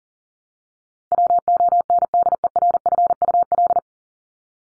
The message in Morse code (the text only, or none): WONDERFUL